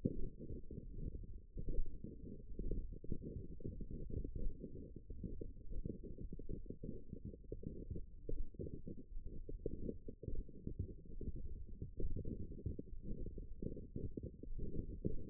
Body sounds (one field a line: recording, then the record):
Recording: forearm muscle sounds (acoustic myography)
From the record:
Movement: wrist extension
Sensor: system 1, eight BSWA MPA416 microphones around the upper forearm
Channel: 7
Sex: female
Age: 21 years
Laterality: right